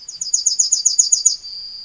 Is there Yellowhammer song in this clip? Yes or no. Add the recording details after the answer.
yes. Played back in forest. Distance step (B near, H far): C. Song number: 155